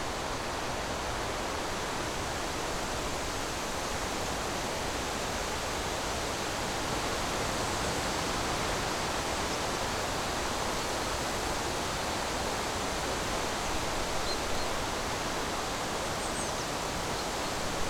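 Wind rushes steadily through a forest, a dense, unbroken hiss that stays level throughout, with a slight swell around the middle.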